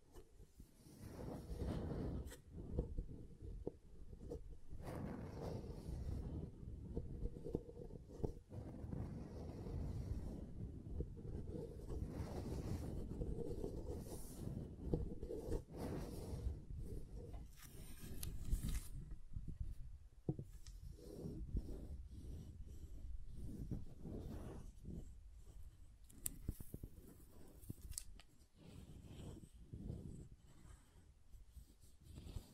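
Soap is tapped and carved, with a dense, continuous scraping and rustling sound that stays mostly low and muffled. Sharp brighter clicks and taps break through every second or two, with a few louder cuts near 3, 16 and 27 seconds.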